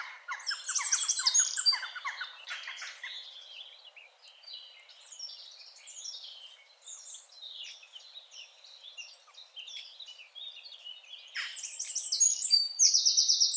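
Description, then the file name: Eurasian wren song: a loud, high, rapid trill opens, softer mixed high notes follow, then another loud, fast rattling trill comes in at the end. "Troglodytes troglodytes"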